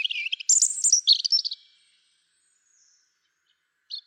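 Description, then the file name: European robin song: one quick high phrase of sweet, jumbled notes and trills, then silence before a brief new note at the end. "Erithacus rubecula"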